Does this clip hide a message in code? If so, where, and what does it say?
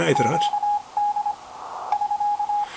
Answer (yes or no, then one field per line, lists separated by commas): yes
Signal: Morse code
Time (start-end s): 0.2-2.6 s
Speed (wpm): 20 wpm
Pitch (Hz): 830 Hz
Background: speech, radio noise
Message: QD <SK>